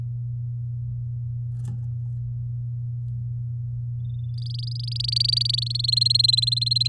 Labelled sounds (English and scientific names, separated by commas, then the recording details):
Domestic Canary (Serinus canaria) song
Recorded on 7 May 2018 at 14:02
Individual llb16